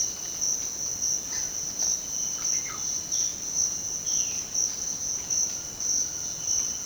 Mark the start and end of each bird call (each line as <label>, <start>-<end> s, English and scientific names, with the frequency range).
Russet-backed Oropendola (Psarocolius angustifrons) (0.4-3.1 kHz), 2.30-2.79 s
Violaceous Jay (Cyanocorax violaceus) (1.6-3.7 kHz), 3.99-4.49 s